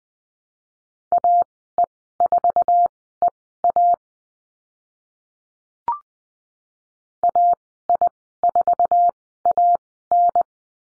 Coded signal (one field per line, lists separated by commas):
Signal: Morse code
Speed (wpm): 20 wpm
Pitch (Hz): 700 Hz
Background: none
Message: AE4EA AI4AN